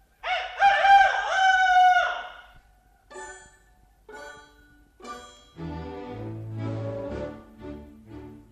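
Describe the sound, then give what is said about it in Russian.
A rooster lets out one loud, drawn-out crow in the morning, followed by a few short, clipped calls, then a lower, sustained tonal sound carries on to the end. “Пришел разлуки нашей срок, уже кричит петух”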